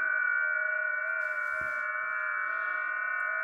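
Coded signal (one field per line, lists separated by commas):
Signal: FT8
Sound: several overlapping faint steady warbling tones at different pitches, continuous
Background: radio static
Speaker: should start to decode quite quickly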